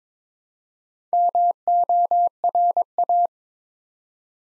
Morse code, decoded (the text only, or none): MORA